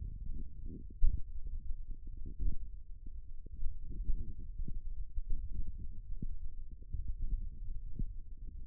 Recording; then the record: forearm muscle sounds (acoustic myography)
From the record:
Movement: index flexion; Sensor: system 1, eight BSWA MPA416 microphones around the upper forearm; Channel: 3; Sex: female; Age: 21 years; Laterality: right